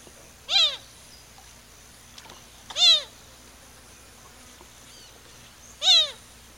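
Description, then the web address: Azure gallinule calling three times, each a loud, nasal, descending mew-like note, separated by pauses of two to three seconds, against quiet background noise. Recorded in Ecuador. "Birds of Ecuador. Azure Gallinule"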